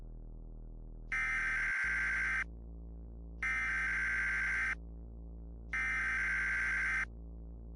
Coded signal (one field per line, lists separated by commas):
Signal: Emergency Alert System (SAME) tones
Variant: header bursts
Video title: EAS Scenario | Roads and Highways